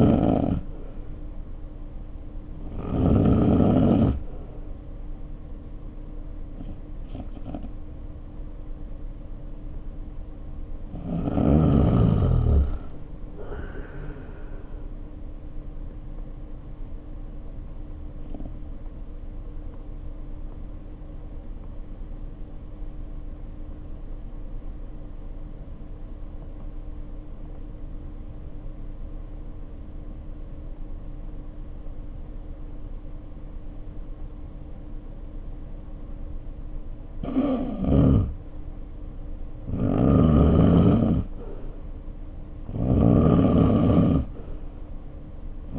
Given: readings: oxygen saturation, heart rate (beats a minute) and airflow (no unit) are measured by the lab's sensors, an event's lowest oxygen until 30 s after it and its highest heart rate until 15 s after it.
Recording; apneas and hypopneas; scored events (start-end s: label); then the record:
breathing in sleep by a smartphone at the bedside; 1
19.00-38.80 s: hypopnea (N3, oxygen 96% highest, then 85% lowest, heart rate 59 at the start, 66 highest)
28.00-45.79 s: new sleep stage, N2 (light sleep)
From the record:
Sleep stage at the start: N3 (deep sleep); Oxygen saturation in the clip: 87 to 96%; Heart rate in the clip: 51 to 66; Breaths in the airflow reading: 7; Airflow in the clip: -4.1 to 5.4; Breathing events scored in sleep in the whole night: 520 in 7.2 hours asleep